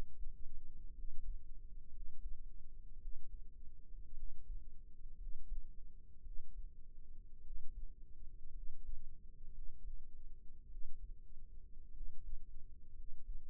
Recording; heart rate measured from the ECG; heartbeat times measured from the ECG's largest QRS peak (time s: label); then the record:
heart sounds by microphone in the right ear; 55 bpm
0.93 s: heartbeat
1.90 s: heartbeat
2.98 s: heartbeat
4.14 s: heartbeat
5.16 s: heartbeat
6.22 s: heartbeat
7.41 s: heartbeat
8.51 s: heartbeat
9.51 s: heartbeat
10.67 s: heartbeat
11.91 s: heartbeat
12.93 s: heartbeat
From the record:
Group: healthy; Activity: rest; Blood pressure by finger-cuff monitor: 105/66 mmHg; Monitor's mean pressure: 81 mmHg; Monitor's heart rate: 55 bpm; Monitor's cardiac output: 5.2 L/min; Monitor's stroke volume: 93 mL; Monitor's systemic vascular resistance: 1080 dyn s/cm5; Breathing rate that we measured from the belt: 16 breaths a minute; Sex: male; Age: 22 years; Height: 181 cm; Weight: 79 kg